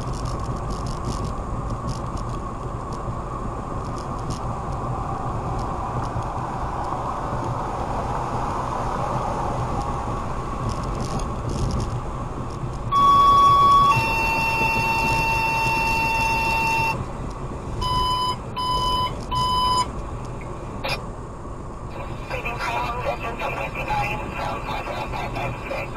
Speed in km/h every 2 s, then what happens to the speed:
71, 71, 72, 72, 72, 72, 71, 69, 68, 66, 66, 72, 72.
0-10 steady at about 72. 10-17 slows to 66. 20-22 speeds up to 72.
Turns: none.